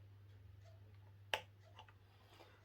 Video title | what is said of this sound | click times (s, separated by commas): Smyths BMW Police Motorcycle 12V Electric Ride On - Build Video (R1200 RT-P) | Okay, that clicks into place in there. | 1.3 s